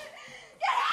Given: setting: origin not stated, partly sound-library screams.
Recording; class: one-second piece from a danger detection set; woman in danger